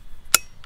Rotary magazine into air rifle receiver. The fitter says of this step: You can hear that click in, nice and positive.